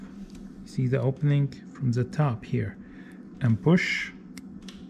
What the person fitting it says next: here's a click